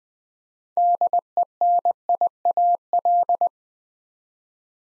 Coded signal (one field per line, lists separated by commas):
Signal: Morse code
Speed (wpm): 20 wpm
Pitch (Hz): 700 Hz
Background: none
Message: DENIAL